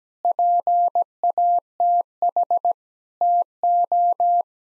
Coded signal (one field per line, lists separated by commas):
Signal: Morse code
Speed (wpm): 17 wpm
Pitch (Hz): 700 Hz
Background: none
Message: PATH TO